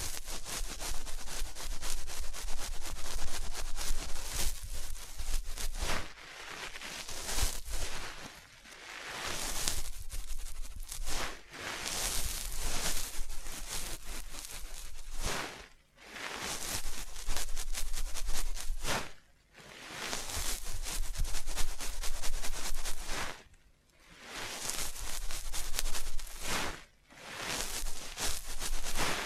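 Scratching and rubbing strokes sweep back and forth in long, dense passes, each a few seconds long, bright and gritty. Short pauses fall between passes, around 6, 9, 15, 19, 23 and 27 seconds, and some strokes have a faint tapping edge within them.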